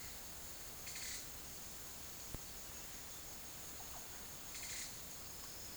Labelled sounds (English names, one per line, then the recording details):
none
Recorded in secondary vegetation near Puerto Asís, Putumayo, Colombia, on 24 March 2025 at 09:30
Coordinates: 0.489, -76.322
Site G042